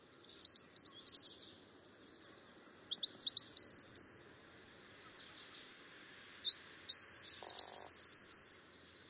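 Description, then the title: White-naped xenopsaris calls: clusters of quick, sharp, high notes repeated in three bursts, the last flowing into a drawn-out, thin, wavering whistle. "LuckyPassaro Completos2Sama. White-naped Xenopsaris (Xenopsaris albinucha)"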